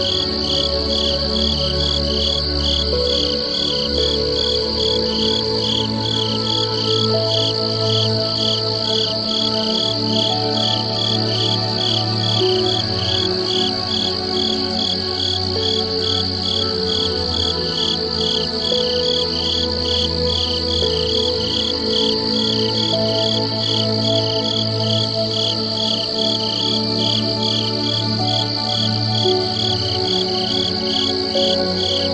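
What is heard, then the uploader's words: A dense, steady chorus of crickets chirps in fast, even pulses high above, never letting up for the whole half minute. Beneath it, soft sustained music tones hold and slowly shift, with a low, warm drone underneath, all at an unchanging level. Peaceful Crickets & Music for Meditation. Meditation music and nature sounds.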